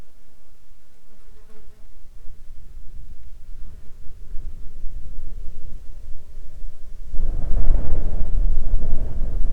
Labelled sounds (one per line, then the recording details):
wind
insects
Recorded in the Arctic National Wildlife Refuge, Alaska, on 19 July 2021 at 15:02
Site 33